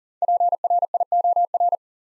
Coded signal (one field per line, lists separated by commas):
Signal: Morse code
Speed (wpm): 40 wpm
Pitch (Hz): 700 Hz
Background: none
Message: PRIOR